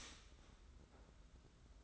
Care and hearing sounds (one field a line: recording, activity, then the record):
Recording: daily activity, microphone in the room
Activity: start toaster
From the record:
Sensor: 3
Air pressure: 991.6 hPa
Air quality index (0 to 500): 181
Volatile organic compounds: 1000 ppm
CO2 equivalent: 6066 ppm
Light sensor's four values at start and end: 42/118/48/42 and 42/118/48/42